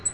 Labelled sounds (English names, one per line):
Black-throated Green Warbler flight call